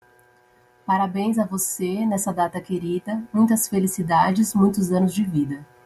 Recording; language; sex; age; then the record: short text; Brazilian Portuguese; female; 30 to 39 years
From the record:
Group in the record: control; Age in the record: 34 years